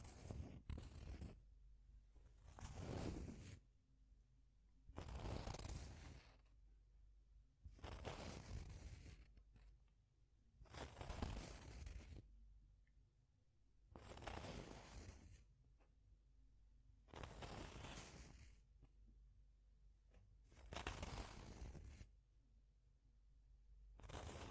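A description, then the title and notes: Deep scratching comes in regular strokes about every three seconds, each a rough, rasping burst, with quieter scraping and soft rustle between. Deep Scratching. (No Talking).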